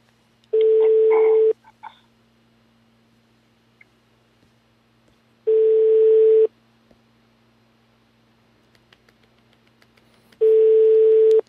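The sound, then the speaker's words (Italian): A telephone rings in three steady, evenly spaced bursts, each about a second long, with a loud buzzy tone and roughly four seconds of near-silence between rings. “Squilla il telefono della zanzara.”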